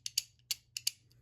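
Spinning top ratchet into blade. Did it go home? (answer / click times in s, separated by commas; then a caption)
yes / 0.1 s, 0.5 s, 0.8 s. A plastic ratchet is twisted into the blade of a Beyblade X UX-19 Bullet Griffon spinning top, and its twist-lock seats with soft, not very hard clicks at 0.1, 0.5 and 0.8 seconds. Other short, bright ticks follow at about 0.2 and 0.9 seconds, with a faint one near 1.1 seconds, over a steady low hum.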